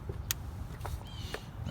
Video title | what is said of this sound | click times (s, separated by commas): How To Change The Coil In a 2006 Chrysler Town and Country Mini Van | I'll get in make sure you hear it click | 0.3 s